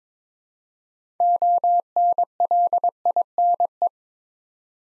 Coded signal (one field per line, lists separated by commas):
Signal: Morse code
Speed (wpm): 22 wpm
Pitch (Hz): 700 Hz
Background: none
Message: ONLINE